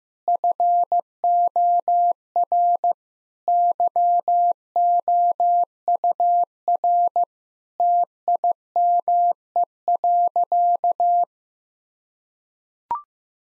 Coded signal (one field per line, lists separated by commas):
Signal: Morse code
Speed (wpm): 15 wpm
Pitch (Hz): 700 Hz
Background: none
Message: FOR YOUR TIME.